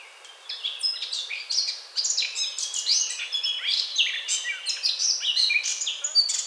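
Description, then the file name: Eurasian blackcap song, a fast, dense run of high chattering and warbled notes with varied pitch jumps. "Sylvia atricapilla"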